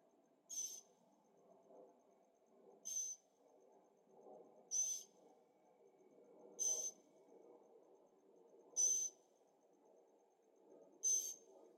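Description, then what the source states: Bird calls: high, buzzy notes repeated about every two seconds over a continuous low engine-like rumble. Birds singing at night in Carefree, Arizona, with an occasional distant motorcycle; recorded in stereo on a Zoom H6.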